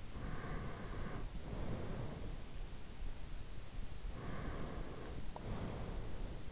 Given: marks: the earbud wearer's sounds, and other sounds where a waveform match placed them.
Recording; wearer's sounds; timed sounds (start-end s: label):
sounds in sleep by an in-ear microphone; breath
0.21-2.49 s: breath
4.11-6.52 s: breath